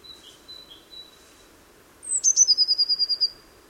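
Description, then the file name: Eurasian blue tit: a few faint thin notes, then a sharp high descending note leading into a quick, steady trill of roughly ten pulses. "Cyanistes caeruleus"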